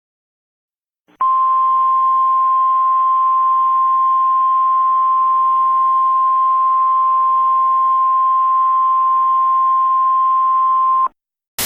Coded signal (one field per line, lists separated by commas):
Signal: Emergency Alert System (SAME) tones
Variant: 1050 Hz attention tone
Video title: Unknown Launch: End of the World- An EAS Scenario (Alternate Ending #2)